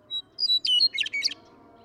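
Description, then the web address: Western meadowlark: two or three clear whistles, then a quick complex burst of gurgling, warbled notes lasting under a second. "birdsongforthecurious songs Western Meadowlark"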